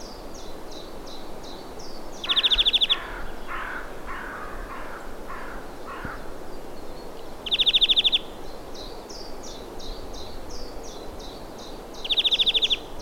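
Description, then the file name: European greenfinch repeating a fast ringing trill three times, spaced about five seconds apart, with scattered short high chirps and softer lower notes between. "Chloris chloris"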